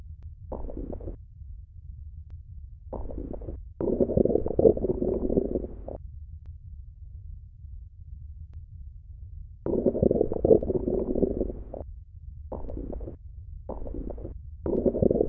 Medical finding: Hyperactive Bowel Sounds.